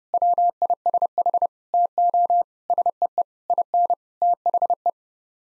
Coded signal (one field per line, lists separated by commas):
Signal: Morse code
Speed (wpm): 30 wpm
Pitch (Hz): 700 Hz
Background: none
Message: WISH TO SEE IN THE